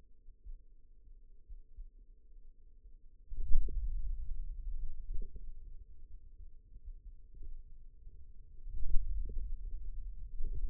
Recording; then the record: forearm muscle sounds (acoustic myography)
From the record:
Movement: hand opening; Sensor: system 2, bracelet of six BSWA MPA416 microphones around the upper forearm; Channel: 3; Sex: male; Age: 22 years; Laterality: right